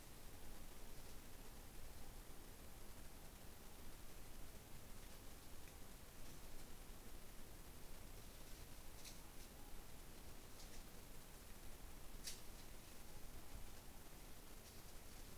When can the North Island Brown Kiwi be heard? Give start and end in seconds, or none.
none